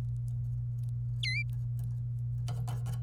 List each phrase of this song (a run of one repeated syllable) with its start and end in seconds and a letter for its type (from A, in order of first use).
1.23-1.43 A